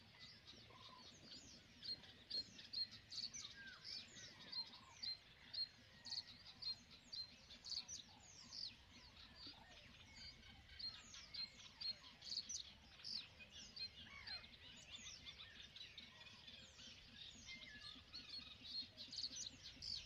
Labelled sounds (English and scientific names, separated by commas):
Great Bittern (Botaurus stellaris)